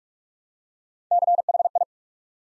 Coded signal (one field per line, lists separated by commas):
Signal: Morse code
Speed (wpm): 44 wpm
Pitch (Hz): 700 Hz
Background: none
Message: CHI